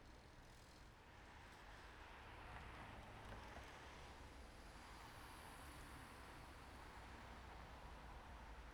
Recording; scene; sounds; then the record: everyday scene through a hearing-aid microphone; in traffic; traffic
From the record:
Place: main road on the outskirts, rush hour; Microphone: behind the ear, right, rear